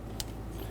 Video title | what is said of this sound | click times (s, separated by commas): How to Replace Variable Valve Timing Solenoid 2010-2014 Subaru Outback (2.5L H4) | install it onto the sensor push until you hear a click | 0.2 s